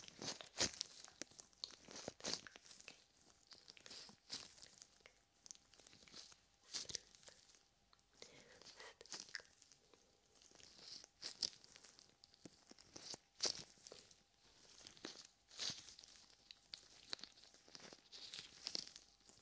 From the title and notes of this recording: ASMR Ear Cupping with Gloves.